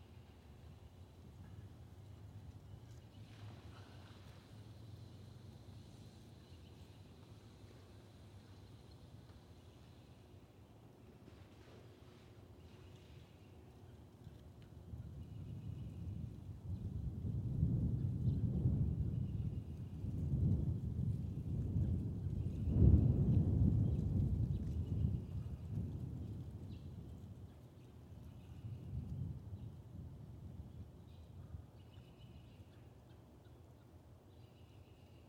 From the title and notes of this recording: Recorded in West Kingstown, Rhode Island on Liberty Road near the Great Swamp. Peepers and all the other critters came out.